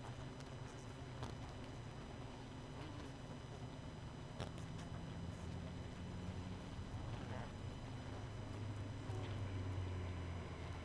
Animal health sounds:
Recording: honeybee colony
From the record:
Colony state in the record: missing queen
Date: 31 May 2018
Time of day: 23:16

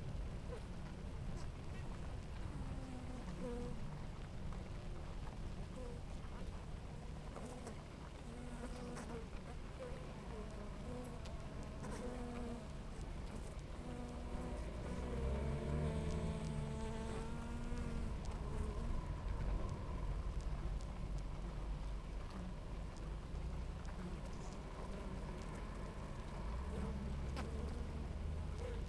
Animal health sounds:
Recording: honeybee colony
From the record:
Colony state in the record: active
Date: 28 July 2017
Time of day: 9:43

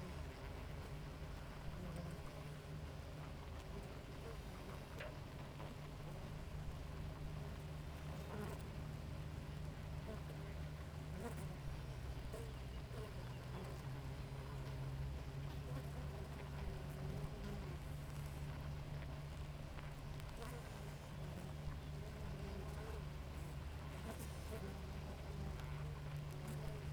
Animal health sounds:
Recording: honeybee colony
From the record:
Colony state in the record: active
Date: 28 July 2017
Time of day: 5:24

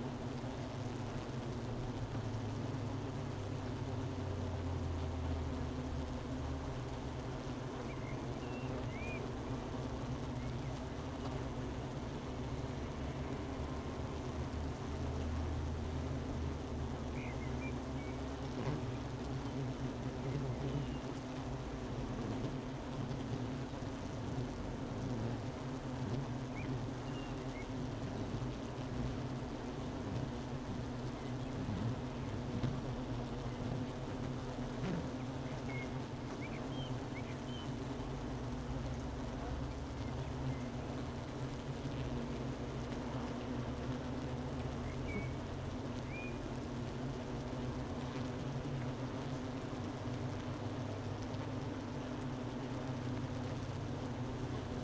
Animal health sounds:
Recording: honeybee colony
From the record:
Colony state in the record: missing queen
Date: 31 May 2018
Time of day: 12:18

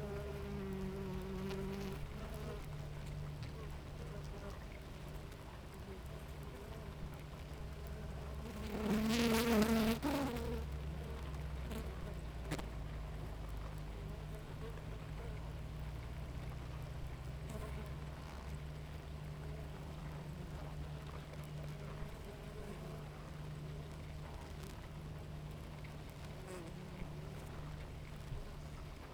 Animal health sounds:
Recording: honeybee colony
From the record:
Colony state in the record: active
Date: 28 July 2017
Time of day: 7:13

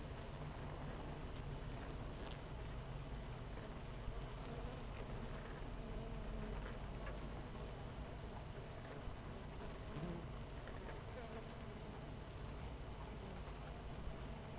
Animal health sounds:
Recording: honeybee colony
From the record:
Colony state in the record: missing queen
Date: 14 July 2017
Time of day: 8:30

